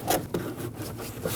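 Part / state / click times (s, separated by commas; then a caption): plastic engine cover onto its retainer pins on the engine / seated / 0.3 s. A plastic engine cover on a 2009–2010 Dodge Ram 1500 with the 5.7L V8 is lined up and pressed onto the two pins and retainers at the back of the engine. Amid scraping and rubbing, one soft snap is heard at 0.4 s (0.35 s), and the cover is seated and locked on.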